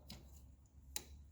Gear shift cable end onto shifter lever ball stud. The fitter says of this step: So you feel it click.